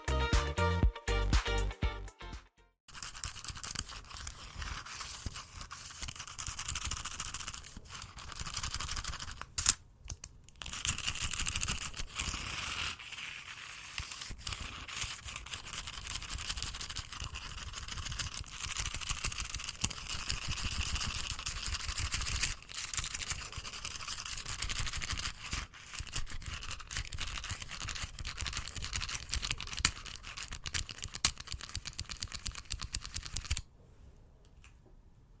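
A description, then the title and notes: Rubbing and brushing sounds run almost without pause for about 33 seconds, a dense, scratchy, bright texture made of quick repeated strokes. The opening seconds carry firmer tapping hits, with a brief gap near 10 seconds, and the sound stops cleanly just before the end. FAST AND AGGRESSIVE TRIGGERS NO TALKING. TAPPING, RUBBING, BRUSHING, SCISSOR.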